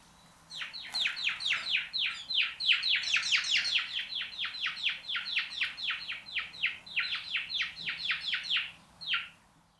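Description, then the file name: House sparrow chirping: a fast run of short, sharp chirps, some overlapping, held for about eight seconds before ending in one last chirp. "Passer domesticus"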